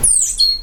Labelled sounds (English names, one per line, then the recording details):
Stitchbird song
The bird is a male
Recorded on Tiritiri Matangi Island, New Zealand, in 2005
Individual 22, of nest box 31